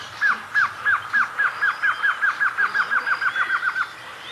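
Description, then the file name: Glossy antshrike song: a long run of about eighteen hooked, downslurred notes, slightly speeding up and then stopping abruptly, with faint bird calls behind. "Canto do choca dagua"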